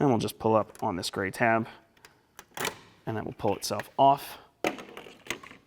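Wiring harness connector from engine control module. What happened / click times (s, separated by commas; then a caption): The connector locking tab released / 2.4 s. Someone talks while the gray plastic locking tab on a wiring harness connector is pulled up on the engine control module of a 2021–2022 Ford F-150 2.7L EcoBoost. A sharp click at about 2.4 s is the tab releasing, and the connector unlocks and pulls off the module.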